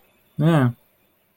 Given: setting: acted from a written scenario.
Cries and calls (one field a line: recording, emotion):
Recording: vocal sound without words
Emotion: neutral